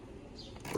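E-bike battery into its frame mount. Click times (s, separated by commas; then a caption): 0.6 s. A removable e-bike battery is put back into its frame mount the way it was before, pressed a little until it clips in. Over a low background, two short hits sound at 0.6 s and 0.7 s, and the battery is seated in its mount.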